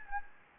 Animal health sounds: mosquito wingbeat signal from an infrared sensor; Anopheles gambiae

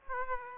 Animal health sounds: mosquito wingbeat signal from an infrared sensor; Aedes aegypti

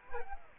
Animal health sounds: mosquito wingbeat signal from an infrared sensor; Aedes aegypti

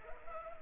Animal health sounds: mosquito wingbeat signal from an infrared sensor; Culex pipiens

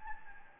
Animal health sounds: mosquito wingbeat signal from an infrared sensor; Anopheles gambiae

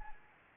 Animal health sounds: mosquito wingbeat signal from an infrared sensor; Anopheles arabiensis

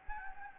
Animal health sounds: mosquito wingbeat signal from an infrared sensor; Anopheles gambiae

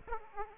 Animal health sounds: mosquito wingbeat signal from an infrared sensor; Aedes aegypti

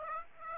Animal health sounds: mosquito wingbeat signal from an infrared sensor; Aedes aegypti

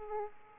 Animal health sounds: mosquito wingbeat signal from an infrared sensor; Aedes aegypti

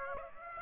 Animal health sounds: mosquito wingbeat signal from an infrared sensor; Aedes aegypti

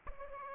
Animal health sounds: mosquito wingbeat signal from an infrared sensor; Aedes albopictus

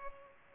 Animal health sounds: mosquito wingbeat signal from an infrared sensor; Culex pipiens

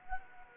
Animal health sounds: mosquito wingbeat signal from an infrared sensor; Culex quinquefasciatus

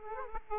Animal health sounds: mosquito wingbeat signal from an infrared sensor; Aedes aegypti

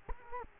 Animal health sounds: mosquito wingbeat signal from an infrared sensor; Culex quinquefasciatus

